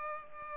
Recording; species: mosquito wingbeat signal from an infrared sensor; Culex pipiens